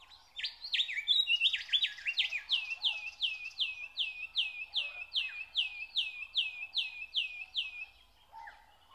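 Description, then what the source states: Nightingale song: a long, steady series of rapid, rhythmic chopping notes, about three each second, after a brief jumbled start, then one quiet low note. Singing in spring.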